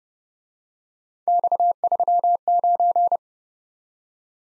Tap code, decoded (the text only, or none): none